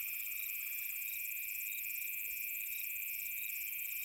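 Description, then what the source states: Cricket: high chirps pulse steadily over a continuous shrill drone. Summer night.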